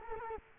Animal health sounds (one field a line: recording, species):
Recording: mosquito wingbeat signal from an infrared sensor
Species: Culex quinquefasciatus